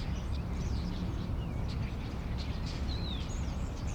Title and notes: Étourneaux sur une grue, intérieur dîlot. Starlings on a crane, Inner courtyard.